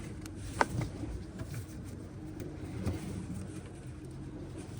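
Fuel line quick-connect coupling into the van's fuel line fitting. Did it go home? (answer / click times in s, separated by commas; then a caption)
yes / 0.6 s. Under a van, a leaking fuel line quick-connect coupling that had not been fully seated is pushed all the way back into its fuel line fitting. A sharp click at 0.6 s marks it seating, followed by a softer knock at 0.8 s over a steady low background rumble. The connector ends up pushed fully home.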